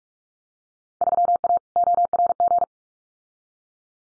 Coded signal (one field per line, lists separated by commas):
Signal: Morse code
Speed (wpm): 46 wpm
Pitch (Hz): 700 Hz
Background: none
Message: 3A ORG